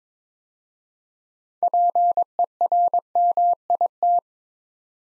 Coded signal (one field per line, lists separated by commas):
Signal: Morse code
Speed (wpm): 22 wpm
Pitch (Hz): 700 Hz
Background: none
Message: PERMIT